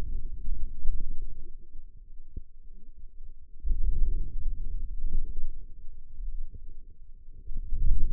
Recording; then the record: forearm muscle sounds (acoustic myography)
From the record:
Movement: wrist extension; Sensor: system 2, bracelet of six BSWA MPA416 microphones around the upper forearm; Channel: 6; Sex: female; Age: 21 years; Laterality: right